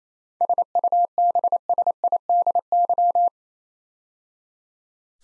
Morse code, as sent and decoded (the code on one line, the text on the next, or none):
... ..- -... ... .. -.. -.--
SUBSIDY